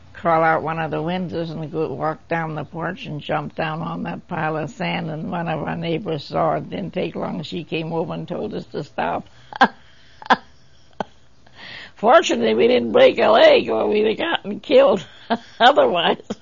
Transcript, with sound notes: crawl out of one of windows and we'd walk down the porch and jump down on the pile of sand. And one of our neighbors saw and it didn't take long, she came over and told us to stop. (laughs) Fortunately we didn't break a leg or we would have gotten killed otherwise